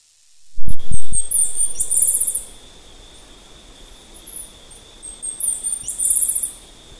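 Bird calls, high-pitched trilled phrases twice about four seconds apart, opening with a few low knocks and set against a continuous thin hum.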